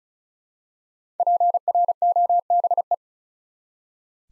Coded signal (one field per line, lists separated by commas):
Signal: Morse code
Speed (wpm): 36 wpm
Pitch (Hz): 700 Hz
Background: none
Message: PROBE